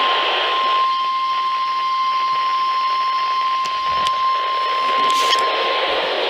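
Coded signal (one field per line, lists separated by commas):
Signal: Emergency Alert System (SAME) tones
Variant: 1050 Hz attention tone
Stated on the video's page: NOAA weather radio alerts.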